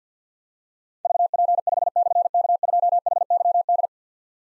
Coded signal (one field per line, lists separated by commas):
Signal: Morse code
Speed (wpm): 51 wpm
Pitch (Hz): 700 Hz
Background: none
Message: VP5/K2HYD